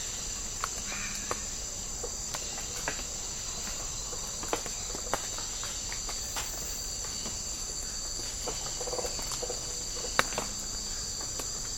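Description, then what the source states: High, steady insect whine throughout, broken by scattered sharp ticks and a few soft low chirps. Tropical rainforest habitat.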